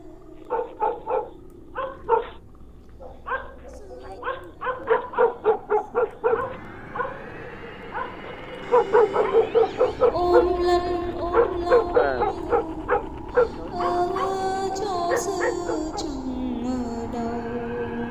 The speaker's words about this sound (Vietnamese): Cô đi đến đâu thì chó ở trong làng cứ sủa lên ông ổng. Người ta chỉ nghe thấy trong tiếng mưa gió tiếng chó cắn ma ông ổng ấy, mơ hồ có tiếng ai đang hát ru con.